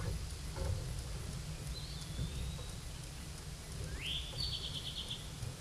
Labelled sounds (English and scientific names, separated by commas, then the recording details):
Eastern Towhee (Pipilo erythrophthalmus) song
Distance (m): 20 m
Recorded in a Pennsylvania forest on 17 May 2023 at 12:52
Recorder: AudioMoth, point grid1_8_low
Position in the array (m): 112 m, 103 m